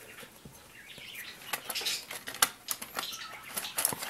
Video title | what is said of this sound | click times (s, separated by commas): Motorola XOOM dock hack for Ellipis 7 | the panel is kind of nice because it snaps into place and then you just place your screw | 2.4 s